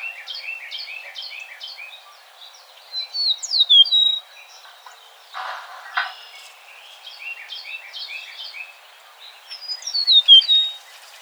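Eastern meadowlark giving two bright, descending whistled phrases several seconds apart, amid continuous repeated chattering notes.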